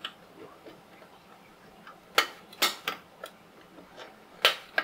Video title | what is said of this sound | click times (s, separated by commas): Build the 007 Aston Martin DB5 - Agora Models - Pack 10 - Stages 76-84 | the bottom click right into place just like that | 4.4 s